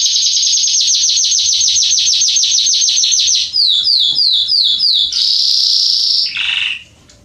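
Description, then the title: Belgian canary song of fast repeated chipping notes, then slower separate notes, ending in a dense trill that fades. Male Belgian canary singing a lot, played to warm up and train young canaries. "Canary Training Esquente Seu Filhote E Canario Belga Em 30 Minutos Macho Cantando Muito. CANTO DO CANRIO"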